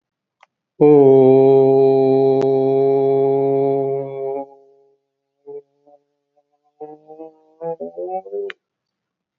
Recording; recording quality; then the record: sustained vowel as in boot; excellent, no background noise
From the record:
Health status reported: recovered from COVID-19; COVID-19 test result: negative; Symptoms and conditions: cough, fever, hypertension, diabetes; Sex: male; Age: 65 years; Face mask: not worn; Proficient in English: yes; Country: India